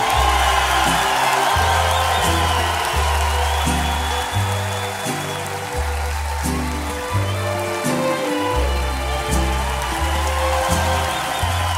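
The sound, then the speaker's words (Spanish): A crowd claps and whoops steadily for the whole stretch, a dense crackling roar of applause layered over live music with a pulsing, stepping bass line. “¿Y qué pasó con el aplauso? Y un grito ahora sí.”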